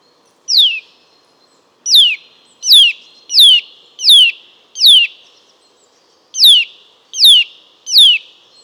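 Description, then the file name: Eurasian nuthatch calling repeatedly, loud descending whistled notes given at a quick, somewhat uneven pace, nine notes with a short pause after the first and the sixth. "Sitta europaea"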